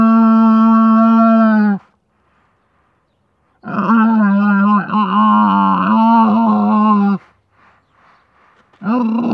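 Camel bellowing: a steady harmonic moan, then a pause and a longer wavering bellow with breaks, followed by the start of another call.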